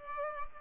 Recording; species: mosquito wingbeat signal from an infrared sensor; Culex pipiens